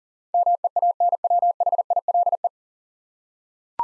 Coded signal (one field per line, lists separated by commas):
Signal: Morse code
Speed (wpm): 37 wpm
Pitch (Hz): 700 Hz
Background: none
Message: MEANWHILE